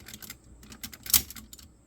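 A plastic head or hand piece is pushed into position on the body of a plastic combining robot toy during transformation. Light, scattered plastic ticks and taps lead up to one loud, sharp plastic click at 1.2 seconds as the piece clicks into place and seats.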